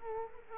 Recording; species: mosquito wingbeat signal from an infrared sensor; Culex quinquefasciatus